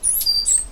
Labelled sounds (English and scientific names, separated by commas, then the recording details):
Stitchbird (Notiomystis cincta) song
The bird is a male
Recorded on Tiritiri Matangi Island, New Zealand, in 2005
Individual 8, of nest box 10